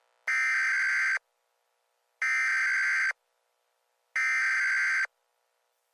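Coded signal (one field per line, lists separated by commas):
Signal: Emergency Alert System (SAME) tones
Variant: header bursts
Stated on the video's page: Fictional EAS scenario with valid SAME tones, fake hurricane alert.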